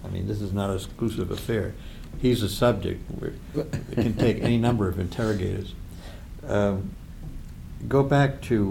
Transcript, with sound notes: I mean, this is not an exclusive affair. He’s a subject. [laughter] We’re, we can take any number of interrogators. Go back to